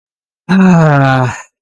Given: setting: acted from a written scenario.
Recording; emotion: vocal sound without words; distress